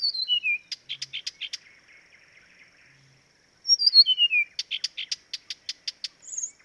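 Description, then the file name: Blyth's reed warbler song: two falling whistled slurs followed by a string of sharp repeated clicks, a pause, then the same pattern again. "life dviete. acrocephalus dumetorum"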